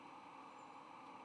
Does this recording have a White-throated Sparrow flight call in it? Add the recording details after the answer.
no. No flight call is heard. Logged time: 23:40 on 8 November 2014